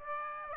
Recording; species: mosquito wingbeat signal from an infrared sensor; Aedes aegypti